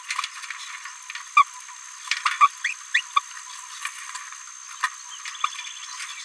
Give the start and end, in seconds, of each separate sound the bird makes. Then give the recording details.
1.36-1.44, 2.26-2.37, 2.40-2.47, 2.64-2.74, 2.93-3.02, 3.15-3.21, 5.44-5.46. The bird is a female. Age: 27 days. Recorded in a nest box in Venezuela. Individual 17B73B3